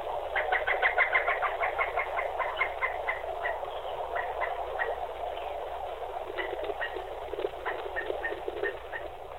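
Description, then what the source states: Pileated Woodpecker calling: fast series of sharp, even notes, several per second, repeated in bursts over steady muffled background noise with a narrowed, tinny sound. Recorded on video by a listener this week in southeast Dallas County, Texas; unusually far west for the species.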